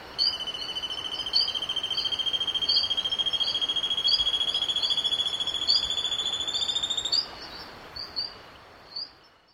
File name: Black Cheeked Gnateater Song Regua 17 h 37 m 21 s 22 sep 2008